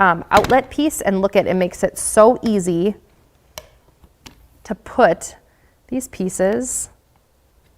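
Black punching die pieces are handled and placed on the outlet piece of a hand press tool while someone talks, with a few short, sharp taps and knocks in the pauses around 3.6 s and 4.3 s. Nothing has seated or snapped into place yet.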